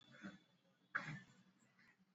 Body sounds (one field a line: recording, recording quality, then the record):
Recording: heavy voluntary cough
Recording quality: poor, much background noise or distortion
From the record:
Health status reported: exposed to COVID-19, no respiratory illness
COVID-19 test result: not tested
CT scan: not taken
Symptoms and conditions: cough, cold, fever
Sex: male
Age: 44 years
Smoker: no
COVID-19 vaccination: both doses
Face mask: worn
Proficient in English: yes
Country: India